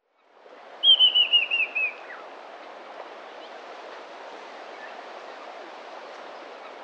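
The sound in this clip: Little bronze cuckoo call: a single high, descending trill of about six pulsed notes lasting roughly a second, over steady background hiss.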